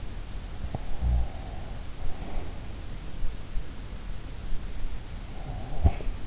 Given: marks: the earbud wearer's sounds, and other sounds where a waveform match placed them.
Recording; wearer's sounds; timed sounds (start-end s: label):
sounds in sleep by an in-ear microphone; snoring breath
0.87-1.32 s: snoring breath
5.52-6.04 s: snoring breath